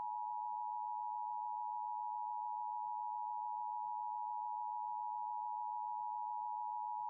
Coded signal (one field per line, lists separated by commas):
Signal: Emergency Alert System (SAME) tones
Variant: 853 and 960 Hz attention tone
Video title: LIVE AM/MW DX: DX Central Live - S. 3, Ep. 8 | Friday, November 11, 2022 | MWFC: 1270 & 603 kHz